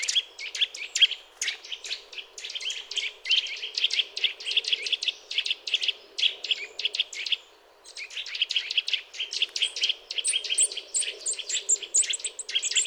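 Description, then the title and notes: Eurasian nuthatch delivering a fast, continuous rattling trill of rapid repeated notes, briefly pausing midway, then resuming with a higher series at the end. Sedentary bird starting to call during mild winter weather; contact calls followed by song; common in forests, parks and small woods; recorded with various equipment. "Sonothèque naturophonia. La Sittelle torche-pot (Sitta europaea)"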